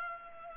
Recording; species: mosquito wingbeat signal from an infrared sensor; Culex pipiens